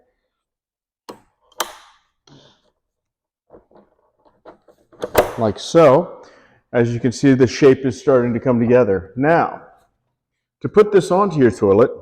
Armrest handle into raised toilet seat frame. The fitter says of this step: and then this one can click right in here